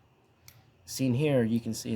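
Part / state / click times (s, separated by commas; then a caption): plastic snap-fit latch on an adjustable phone holder / released / 0.5 s. A plastic snap-fit latch on an adjustable phone holder is unlatched, which is hard to do because its release area is very small. A single sharp, brief tick at 0.5 s marks the latch clicking open and releasing, and then someone talks.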